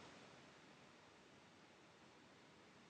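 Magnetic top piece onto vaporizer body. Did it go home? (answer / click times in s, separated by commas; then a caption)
no / none. A magnetic top piece is handled and turned onto a vaporizer body with metal and brass parts. Only a steady, broadband, hiss-like noise is heard, with no distinct hit. Nothing has seated or clicked yet.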